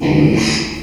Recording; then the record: squeal of a Yucatan mini pig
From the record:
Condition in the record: after surgery on the right vocal fold (resection and tissue-engineered implant); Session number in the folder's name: 2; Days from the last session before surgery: 13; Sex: male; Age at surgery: 12 weeks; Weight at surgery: 13 kg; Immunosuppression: cyclosporine, prednisolone